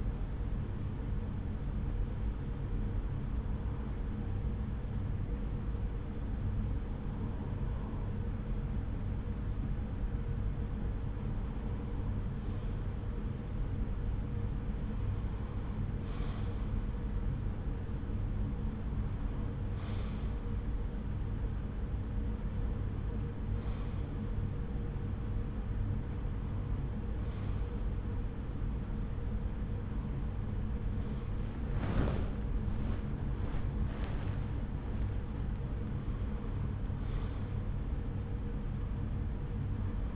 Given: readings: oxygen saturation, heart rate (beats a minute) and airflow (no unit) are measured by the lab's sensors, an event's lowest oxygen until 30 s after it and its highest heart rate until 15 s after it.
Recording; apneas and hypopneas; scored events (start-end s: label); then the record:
a person awake in a sleep study, by a smartphone at the bedside; none
0.00-40.16 s: awake
From the record:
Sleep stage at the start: awake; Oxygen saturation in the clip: 91 to 92%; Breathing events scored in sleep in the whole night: 303 in 8.1 hours asleep